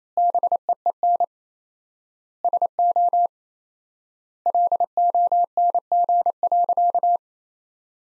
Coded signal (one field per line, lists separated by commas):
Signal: Morse code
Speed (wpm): 28 wpm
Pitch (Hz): 700 Hz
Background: none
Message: BEEN SO LONG.